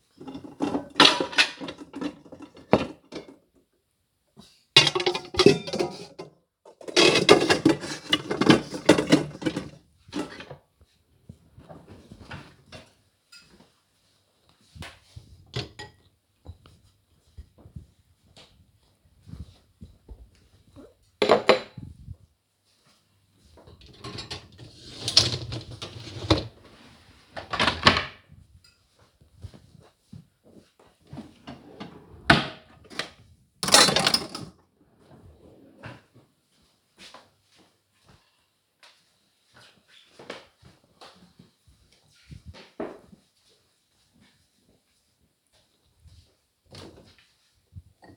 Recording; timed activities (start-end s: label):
household activities, microphone on the right wrist
0.00-33.04 s: cleaning out the dishwasher